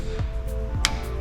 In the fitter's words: and then you'll hear click